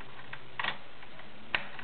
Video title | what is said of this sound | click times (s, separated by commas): NICE CONVERTIBLE FLAT BED/FREE ARM KENMORE 1341 SEWING MACHINE | snap in place | 1.5 s